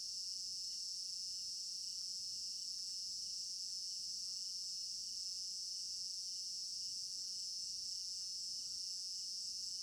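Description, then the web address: Cricket chorus, a shrill unbroken trilling with rapid regular pulses and a few faint soft ticks below. Crickets in an African village garden at night, stereo binaural recording. "African-Village Garden Night Crickets 03 Stereo-Binaural. immersive sound library"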